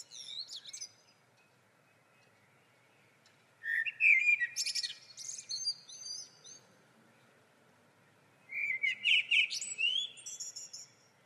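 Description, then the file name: Common blackbird song: the tail of one high twittering phrase, then two full phrases of mellow whistles rising into squeaky flourishes, over faint steady background hiss. "Turdus merula"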